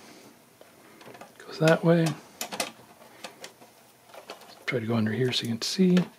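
Someone talks while handling a small plastic wire connector at the header of a KeepAlive kit circuit board inside an opened Hasbro HasLab Ghostbusters proton pack, with a few short, faint taps and knocks between the words. The connector has not seated or clicked into the header yet.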